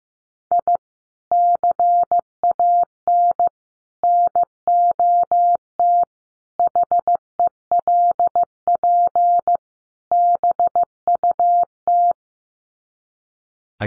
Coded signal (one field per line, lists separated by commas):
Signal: Morse code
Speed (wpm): 15 wpm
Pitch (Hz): 700 Hz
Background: none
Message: I CAN NOT HELP BUT